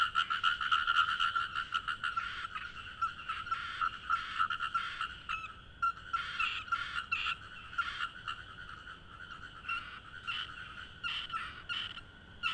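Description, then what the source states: Frogs in a dense night chorus, many overlapping short croaking notes repeated rapidly and continuously, some louder calls standing out against a steady background of callers. Recorded at night; the frogs are called cat frogs.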